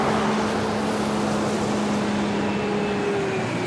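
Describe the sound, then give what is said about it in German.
A heavy truck engine hums with a low, steady tone over a constant wash of loud traffic noise, its pitch drifting slightly as it runs. “Ich bin 80 oder 100 Meter weit gekommen, da höre ich im Verkehrslärm den Motor des 12-Tonners starten.”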